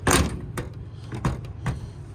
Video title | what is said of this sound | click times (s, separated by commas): Junkyard cherries- Old squarebody Chevy that deserves restoration | The sound of a nice solid clicking door. | 0.6 s, 1.2 s, 1.7 s